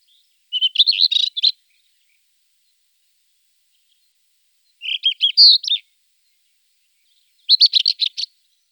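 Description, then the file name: Rufous-tailed scrub robin song: three short bursts of varied whistled and buzzy notes, each about a second long, separated by long silent pauses. "rufous bush robin"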